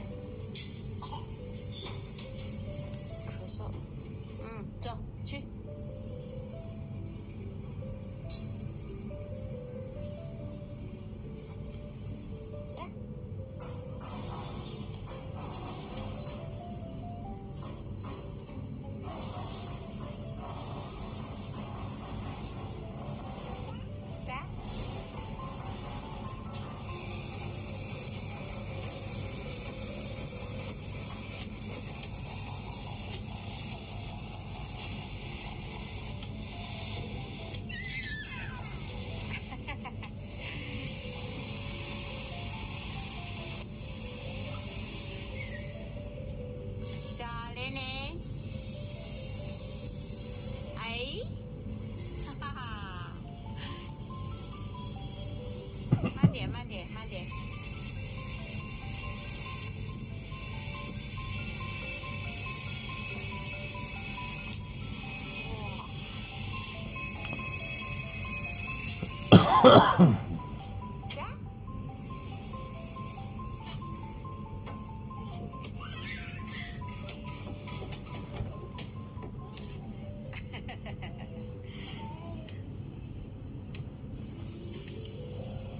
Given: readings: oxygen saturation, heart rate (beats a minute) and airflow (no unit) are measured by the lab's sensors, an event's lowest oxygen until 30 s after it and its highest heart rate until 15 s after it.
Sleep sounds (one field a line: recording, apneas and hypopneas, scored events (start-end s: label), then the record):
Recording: a person awake in a sleep study, by a smartphone at the bedside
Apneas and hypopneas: none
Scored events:
0.00-85.80 s: awake
From the record:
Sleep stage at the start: awake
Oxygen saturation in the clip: 95 to 96%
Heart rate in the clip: 75 to 86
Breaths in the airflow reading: 22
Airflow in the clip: -7.5 to 6.5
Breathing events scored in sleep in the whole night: 131 in 7.2 hours asleep